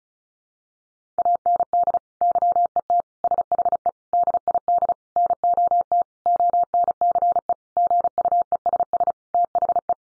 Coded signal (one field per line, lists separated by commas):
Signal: Morse code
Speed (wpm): 34 wpm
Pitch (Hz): 700 Hz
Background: none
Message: AND YET SHE DID NOT ONCE GUESS THE